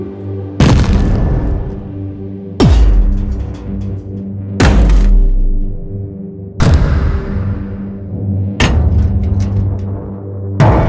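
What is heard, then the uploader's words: Heavy cinematic impacts strike at a steady pace, one about every two seconds. Each hit lands with a sharp, bright crack over a deep booming thud, then rings out in a dark, rumbling tail that barely fades before the next blow. Modern Cinematic Impact Sound Effects.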